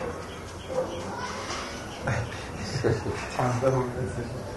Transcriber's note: laughs